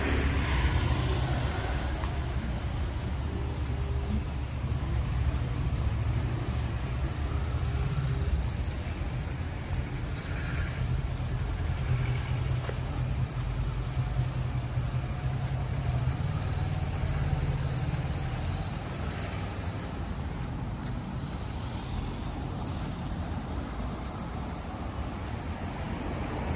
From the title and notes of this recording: Street Sounds. Walking In Tel Aviv, Israel.